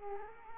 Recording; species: mosquito wingbeat signal from an infrared sensor; Culex quinquefasciatus